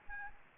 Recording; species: mosquito wingbeat signal from an infrared sensor; Aedes albopictus